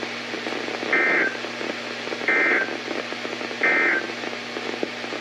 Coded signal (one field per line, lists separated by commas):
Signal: Emergency Alert System (SAME) tones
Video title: EAS #1425-#1434: Direct Hit | KHB36, WMX42, WNG736, & KEC83